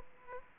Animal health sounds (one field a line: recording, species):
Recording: mosquito wingbeat signal from an infrared sensor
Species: Aedes aegypti